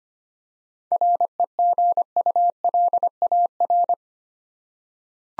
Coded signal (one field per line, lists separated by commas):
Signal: Morse code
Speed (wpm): 25 wpm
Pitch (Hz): 700 Hz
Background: none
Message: REGULAR